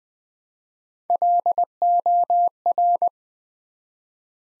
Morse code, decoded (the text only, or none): LOR